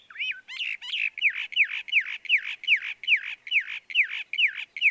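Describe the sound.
Northern mockingbird song: a loud, sharp down-slurred note repeated rapidly about a dozen times, after a few varied opening notes, with no other sounds.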